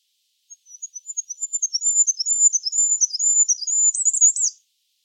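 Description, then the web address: Bird giving a single four-second burst of rapid, very high twittering notes, ending in a brief buzzy flourish, with no other sounds. "cianscape. Deverinetal 2025. Bird Only"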